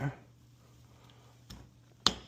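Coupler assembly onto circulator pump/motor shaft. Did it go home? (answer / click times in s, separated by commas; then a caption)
yes / 2.1 s. A new coupler assembly is pushed onto the motor shaft of a B&G Series 100 circulator pump on a hydronic boiler during a coupler replacement. Someone talks briefly at the start over a steady low hum, and a faint tick comes at about 1.5 s. A sharp, loud click at 2.1 s marks the coupler snapping into place.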